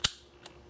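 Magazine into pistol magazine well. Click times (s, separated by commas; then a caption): 0.1 s. A loaded magazine is pushed into the grip of a skeletonized (cut-away) Colt Government Model .45 pistol, and it locks into the magazine well with a sharp metallic click at 0.05 s while the cartridges stay still. A fainter click follows at 0.46 s. The magazine is seated.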